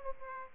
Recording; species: mosquito wingbeat signal from an infrared sensor; Aedes aegypti